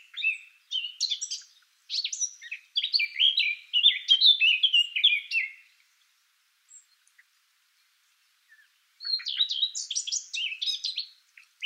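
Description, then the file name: Eurasian blackcap song: two bursts of quick, jumbled warbling with sliding whistled notes, separated by a few seconds of near silence. "Sylvia atricapilla"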